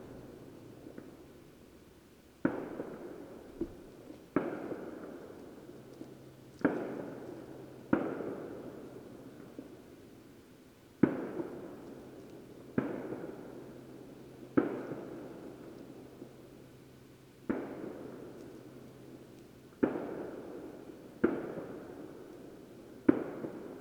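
Fireworks go off in a small display, with sharp bangs arriving every one to three seconds, about a dozen in all. Each bang rings out into a rumbling tail that fades before the next. A faint low hum runs underneath through much of the clip.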